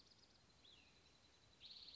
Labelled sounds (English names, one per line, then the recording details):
Cassin's Vireo
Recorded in Sonoma County, California